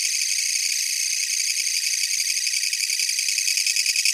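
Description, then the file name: Japanese katydid song, a loud continuous rattling buzz of rapid pulses high in pitch, steady throughout. "kutsuwamushi"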